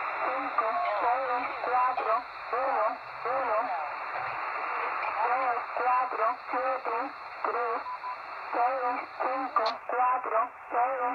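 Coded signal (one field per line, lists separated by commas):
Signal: numbers station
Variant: HM01, Spanish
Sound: voice over shortwave reading short words in a steady rhythm, with a thin high whine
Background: radio static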